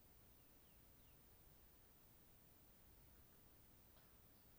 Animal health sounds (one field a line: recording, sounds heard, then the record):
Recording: poultry house recording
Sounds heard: healthy chickens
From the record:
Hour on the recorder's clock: 22